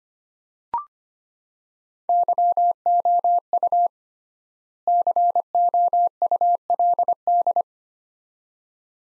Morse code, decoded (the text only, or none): YOU COULD